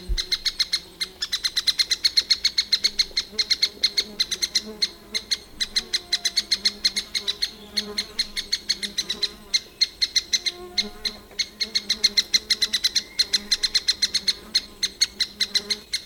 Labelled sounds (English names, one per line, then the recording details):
Lesser Spotted Woodpecker call
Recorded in the wild
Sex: diverse
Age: diverse
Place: Nationalpark Bialowieza, PL
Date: 1966-06-08
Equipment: Nagra III BH
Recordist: Schubert, Michael